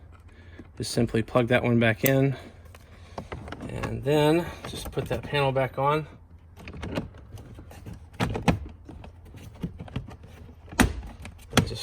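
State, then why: Seated. A plastic interior trim panel on a Fiat 500 Abarth is pushed back into the dashboard over tucked-away wires, during a turbo boost gauge install, after a connector for the ESC light is plugged back in. Someone talks, then there are soft handling knocks and rustles before sharp clip snaps at 10.8 s and 11.6 s. The panel seats into place with its wires and cables hidden.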